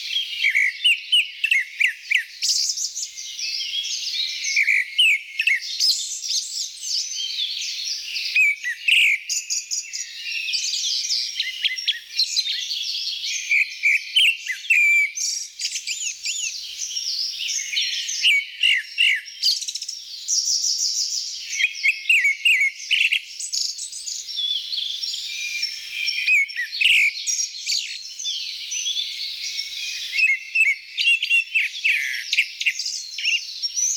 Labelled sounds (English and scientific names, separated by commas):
Grey-backed Thrush (Turdus hortulorum) song